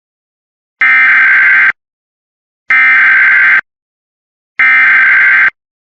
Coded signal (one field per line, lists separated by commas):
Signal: Emergency Alert System (SAME) tones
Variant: header bursts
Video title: Local Area Emergency for San Jacinto TX. (EAS #18)